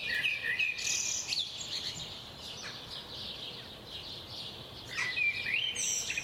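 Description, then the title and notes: Birds singing together, bright whistled phrases and quick twitters layered over a busy high chorus. Recorded at 4am. "Birds at 4am by Daniel Sky"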